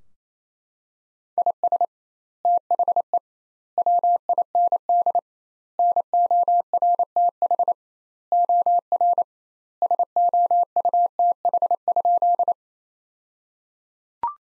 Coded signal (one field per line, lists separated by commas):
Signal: Morse code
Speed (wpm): 27 wpm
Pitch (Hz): 700 Hz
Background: none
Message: IS THE WIND NORTH OR SOUTH?